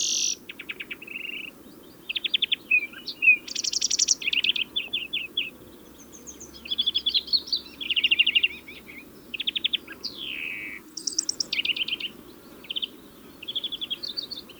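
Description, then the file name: European greenfinch song: rapid twittering trills around mid-high pitch, buzzy phrases and quick chirps in varied bursts. "Chloris chloris"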